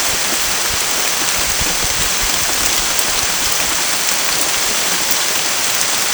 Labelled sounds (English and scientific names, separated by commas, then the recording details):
none
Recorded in secondary vegetation near Puerto Asís, Putumayo, Colombia, on 29 June 2025
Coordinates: 0.488, -76.319
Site G094